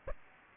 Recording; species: mosquito wingbeat signal from an infrared sensor; Aedes aegypti